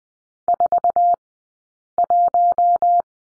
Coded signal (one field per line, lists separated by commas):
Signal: Morse code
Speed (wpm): 20 wpm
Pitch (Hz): 700 Hz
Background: none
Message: 41